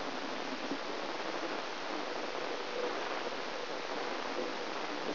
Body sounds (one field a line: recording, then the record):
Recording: brain microelectrode recording played as sound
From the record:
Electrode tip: outside the subthalamic nucleus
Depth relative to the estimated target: 3 mm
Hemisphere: left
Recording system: AlphaMap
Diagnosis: Parkinson's disease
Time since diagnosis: 20 years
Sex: female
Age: 65 years